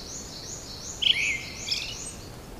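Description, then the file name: Brown-headed thrush song: a single brief whistled phrase, sliding slightly downward, against continuous high-pitched background chirping. "akahara"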